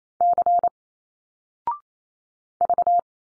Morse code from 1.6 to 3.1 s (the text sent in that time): V